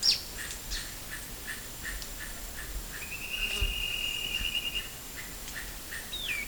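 Bird calls: a long buzzy high trill in the middle, with a brief sharp note at the start and a descending whistled note at the end, amid background hiss.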